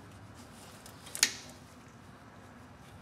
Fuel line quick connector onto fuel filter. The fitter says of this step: I'm trying to do is just carefully you hear it click in